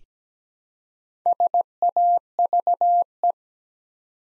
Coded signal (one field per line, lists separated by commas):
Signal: Morse code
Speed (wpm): 17 wpm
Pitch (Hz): 700 Hz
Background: none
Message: SAVE